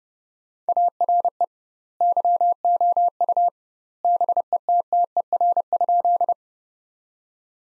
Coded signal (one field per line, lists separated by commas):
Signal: Morse code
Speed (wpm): 30 wpm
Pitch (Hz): 700 Hz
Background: none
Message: ARE YOU BETTER?